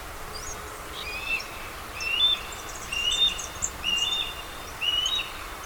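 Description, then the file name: Harris's hawk calls: about five short high notes, roughly one a second, over steady hiss. "gaviao asa de telha"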